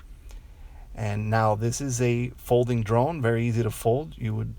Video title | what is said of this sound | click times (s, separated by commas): JJRC X12 Aurora Drone Review | that underneath the drone and make sure it snaps into place and locks firmly and now | 0.3 s